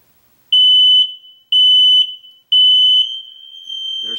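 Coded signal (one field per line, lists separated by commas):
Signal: alarm pattern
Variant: household smoke alarm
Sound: three shrill half-second beeps at one-second intervals, then a short rustle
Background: handling noise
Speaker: and will then hear the following sequence of beeps three long beeps pause three long beeps pause single beep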